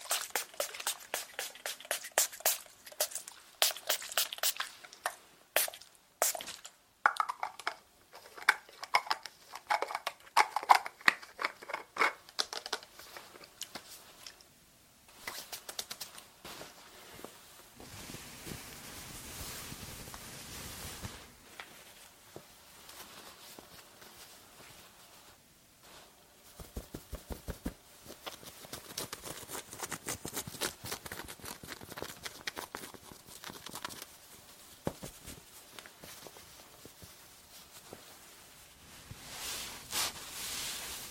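Layered tapping and hair brushing, with a dense run of quick, sharp taps through the first fifteen seconds. A softer, steady brushing sweep follows until about twenty-five seconds, then crisp taps and brushing return in irregular bursts to the end.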